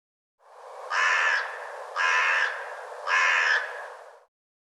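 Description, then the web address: Bird: three rough cawing calls from a bird, about one per second, each hoarse and sustained for a fraction of a second before a short pause. "cianscape birddata Deverinetal 2025"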